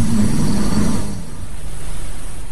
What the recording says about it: It is the loudest snoring you'll ever hear in your life.